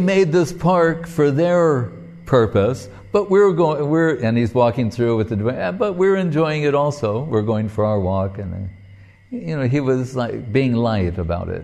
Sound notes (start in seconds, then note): none